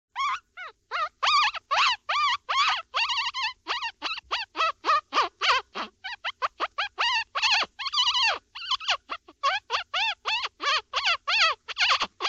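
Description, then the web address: Dog giving rapid, high-pitched yelps and short barks, repeated many times in a fast, uneven series. "собаки"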